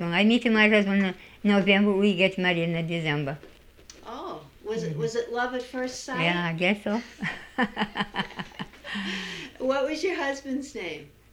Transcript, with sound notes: I meet my husband in November, we get married in December.
Oh, was it love at first site?
Yeah, I guess so. (she laughs)
What was your husband's name?